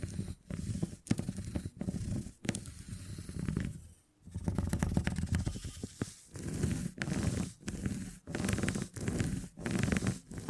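Beeswax is rubbed and scratched in short, repeated strokes, each a dense, crackly scrape with a low, muffled body and sticky little ticks on top. Strokes come about every half second to second, separated by brief silences, with a longer pause near four seconds.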